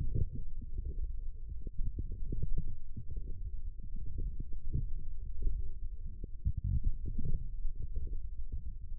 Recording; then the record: forearm muscle sounds (acoustic myography)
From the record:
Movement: forearm supination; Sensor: system 1, eight BSWA MPA416 microphones around the upper forearm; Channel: 2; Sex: male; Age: 20 years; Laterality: left